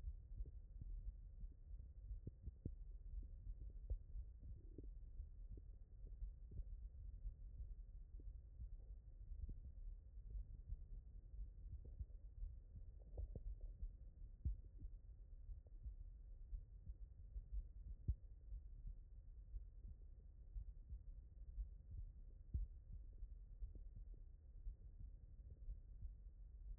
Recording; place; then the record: heart sounds by stethoscope; tricuspid valve (TV)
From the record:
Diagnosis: non-HFrEF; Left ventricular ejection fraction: 67%